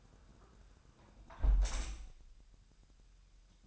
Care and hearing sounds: daily activity, microphone in the room; close window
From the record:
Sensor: 2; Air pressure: 999.8 hPa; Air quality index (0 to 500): 230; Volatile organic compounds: 62 ppm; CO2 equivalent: 3435 ppm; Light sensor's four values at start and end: 8/20/8/8 and 8/19/8/8

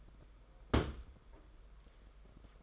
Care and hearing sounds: daily activity, microphone in the room; place on stove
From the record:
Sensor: 5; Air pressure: 991.2 hPa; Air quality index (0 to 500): 91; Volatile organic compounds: 11 ppm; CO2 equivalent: 2308 ppm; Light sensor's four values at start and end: 33/103/40/42 and 33/103/40/42

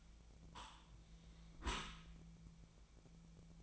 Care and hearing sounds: daily activity, microphone in the room; close dishwasher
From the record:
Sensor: 1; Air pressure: 1000.5 hPa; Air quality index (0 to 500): 183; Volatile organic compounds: 4 ppm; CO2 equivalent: 1685 ppm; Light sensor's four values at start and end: 12/31/13/14 and 13/31/13/15

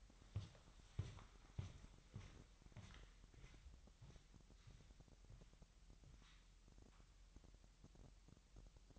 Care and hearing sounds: daily activity, microphone in the room; walk to room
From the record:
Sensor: 3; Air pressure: 1001.9 hPa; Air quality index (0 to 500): 247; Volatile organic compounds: 49 ppm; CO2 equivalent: 3282 ppm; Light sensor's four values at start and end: 9/21/8/8 and 9/22/9/9

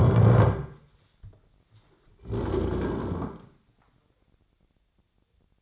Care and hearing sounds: daily activity, microphone in the room; stand up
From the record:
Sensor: 3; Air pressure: 1009.2 hPa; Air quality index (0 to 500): 180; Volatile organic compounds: 3 ppm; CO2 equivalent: 1452 ppm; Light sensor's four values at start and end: 49/127/55/56 and 42/108/48/49

